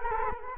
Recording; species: mosquito wingbeat signal from an infrared sensor; Culex quinquefasciatus